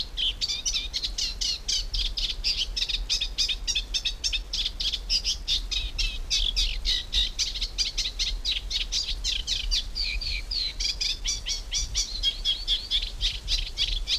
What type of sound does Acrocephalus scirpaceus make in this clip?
song